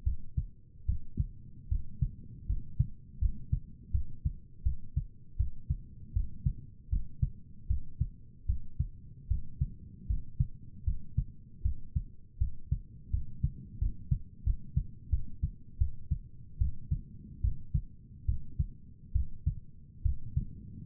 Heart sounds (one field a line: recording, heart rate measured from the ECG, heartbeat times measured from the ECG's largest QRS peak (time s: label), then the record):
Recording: heart sounds by stethoscope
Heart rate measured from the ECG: 78 bpm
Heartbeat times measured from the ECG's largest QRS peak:
0.05 s: heartbeat
0.87 s: heartbeat
1.70 s: heartbeat
2.48 s: heartbeat
3.20 s: heartbeat
3.93 s: heartbeat
4.64 s: heartbeat
5.38 s: heartbeat
6.14 s: heartbeat
6.91 s: heartbeat
7.69 s: heartbeat
8.48 s: heartbeat
9.29 s: heartbeat
10.08 s: heartbeat
10.86 s: heartbeat
11.64 s: heartbeat
12.39 s: heartbeat
13.12 s: heartbeat
13.80 s: heartbeat
14.45 s: heartbeat
15.11 s: heartbeat
15.80 s: heartbeat
16.60 s: heartbeat
17.43 s: heartbeat
18.27 s: heartbeat
19.14 s: heartbeat
20.04 s: heartbeat
From the record:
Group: healthy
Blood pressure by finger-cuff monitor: 120/67 mmHg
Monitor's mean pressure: 80 mmHg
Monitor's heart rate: 77 bpm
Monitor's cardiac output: 7.3 L/min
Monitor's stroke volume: 93 mL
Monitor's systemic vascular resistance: 800 dyn s/cm5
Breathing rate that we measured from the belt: 16 breaths a minute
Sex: male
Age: 19 years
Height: 178 cm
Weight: 83 kg